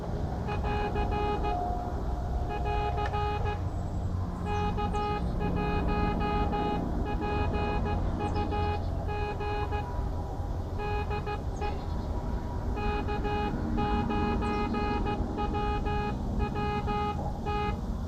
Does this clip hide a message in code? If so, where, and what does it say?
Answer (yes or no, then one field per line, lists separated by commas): yes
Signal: Morse code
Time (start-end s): 0.5-17.7 s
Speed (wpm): 15 wpm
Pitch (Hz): 830 Hz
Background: none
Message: <AR> <AR> K1PUG DE K9WWT